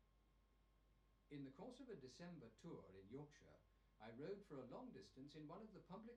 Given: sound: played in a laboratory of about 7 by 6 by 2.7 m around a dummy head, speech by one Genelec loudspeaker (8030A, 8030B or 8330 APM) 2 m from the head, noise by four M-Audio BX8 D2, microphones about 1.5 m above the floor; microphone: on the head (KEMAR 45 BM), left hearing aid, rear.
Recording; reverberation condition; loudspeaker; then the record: male speech in English; low; 120 degrees to the right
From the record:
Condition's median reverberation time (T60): about 310 ms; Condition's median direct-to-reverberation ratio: about 3.5 dB